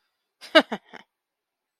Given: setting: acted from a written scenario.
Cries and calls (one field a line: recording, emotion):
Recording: vocal sound without words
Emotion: contempt